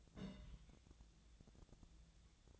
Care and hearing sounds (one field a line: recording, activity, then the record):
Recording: daily activity, microphone in the room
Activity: place on stove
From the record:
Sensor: 3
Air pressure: 1000.0 hPa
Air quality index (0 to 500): 124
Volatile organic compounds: 2 ppm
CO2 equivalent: 1115 ppm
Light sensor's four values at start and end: 47/117/51/56 and 47/118/51/56